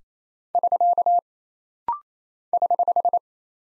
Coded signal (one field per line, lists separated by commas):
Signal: Morse code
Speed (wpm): 28 wpm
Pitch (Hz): 700 Hz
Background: none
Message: <SK> <HH>